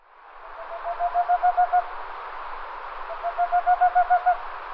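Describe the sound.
Bird giving two quick runs of several low, even hooting notes over a steady background hiss.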